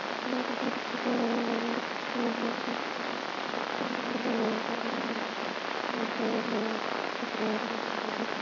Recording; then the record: brain microelectrode recording played as sound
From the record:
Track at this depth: inside the subthalamic nucleus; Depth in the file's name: 1.539 mm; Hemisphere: left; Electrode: 2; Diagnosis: Parkinson's disease